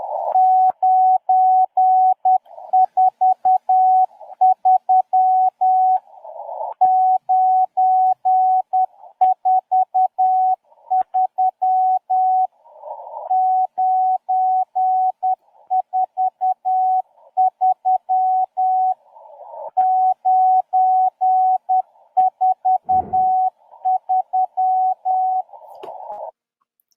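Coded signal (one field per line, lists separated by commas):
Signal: Morse code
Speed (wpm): 10 wpm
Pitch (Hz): 750 Hz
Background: none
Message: 943 943 943 943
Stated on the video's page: Morse from a numbers station heard on shortwave.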